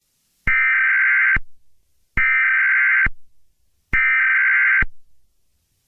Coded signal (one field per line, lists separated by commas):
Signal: Emergency Alert System (SAME) tones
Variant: header bursts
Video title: EAS Scenario #7: Great Terror Attack of The 🇬🇧.